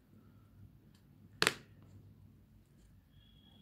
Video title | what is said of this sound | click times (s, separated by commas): Official Cover for Galaxy Tab A7 Review | you go you heard that sound clicking sound and | 1.4 s, 1.5 s